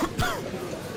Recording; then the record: coughing mixed with background sound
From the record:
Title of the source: Coughing 51